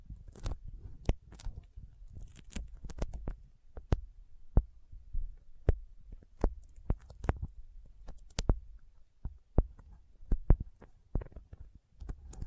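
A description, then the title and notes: Sticky fingers pull apart in a steady run of sharp, crisp clicks and pops, irregularly spaced, a few every second throughout. Some snaps land harder and brighter than others. A low, soft rumble sits underneath the whole time. ASMR Intense Sticky Finger Sounds (No Talking).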